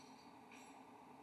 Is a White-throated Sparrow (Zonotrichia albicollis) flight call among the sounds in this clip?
no